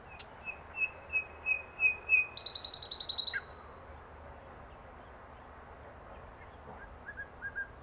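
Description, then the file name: Common nightingale song: a steady series of short whistles, accelerating into a brief rapid trill, followed by quiet with a few faint notes later. "Luscinia megarhynchos"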